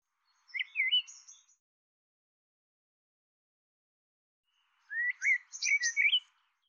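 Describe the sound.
Bird giving two short bursts of twittering chirps, bright and warbled, separated by a long silence.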